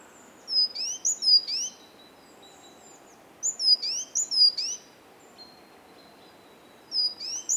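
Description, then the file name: Great tit calling out high, sharp repeated phrases in three bursts spaced a couple of seconds apart, against a soft hissing background. "Parus major"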